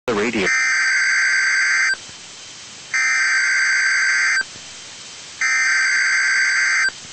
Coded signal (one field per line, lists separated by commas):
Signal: Emergency Alert System (SAME) tones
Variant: header bursts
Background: speech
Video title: Virtual EAS Child Abduction Emergency on 2 Texas NWR stations